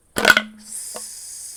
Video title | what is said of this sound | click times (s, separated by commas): Зачем мне два пеногенератора? Сравнение MJJC Foam Cannon S V3.0 и BEAR FORCE SNOW FOAM LANCE | с фиксацией не на как бы не на полный оборот, а просто щёлк и вот она типа зафиксировалась | 0.3 s